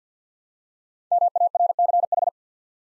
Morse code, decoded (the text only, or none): MARCH